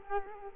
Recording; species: mosquito wingbeat signal from an infrared sensor; Culex quinquefasciatus